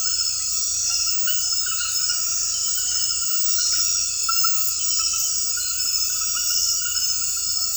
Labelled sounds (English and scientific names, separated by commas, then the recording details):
none
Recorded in dense forest near Puerto Asís, Putumayo, Colombia, on 18 February 2024 at 23:00
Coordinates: 0.484, -76.317
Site G6464